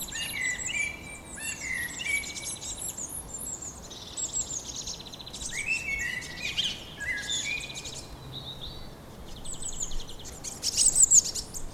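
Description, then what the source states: Bird song with high chirps, warbled phrases and buzzy trills almost continuously, plus a sharp high twitter near the end. Evening birdsong.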